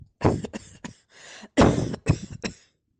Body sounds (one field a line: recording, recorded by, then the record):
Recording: voluntary cough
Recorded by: messaging app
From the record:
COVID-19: negative